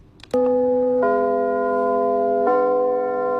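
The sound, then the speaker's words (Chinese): A theatre curtain-opening bell at the Capital Theatre in Beijing rings out after a brief click, a loud, steady, sustained tone that steps to a slightly different pitch twice and holds without fading. No one speaks. “每当首都剧场的启幕钟声敲响，戏剧的神圣感就会充满舞台。”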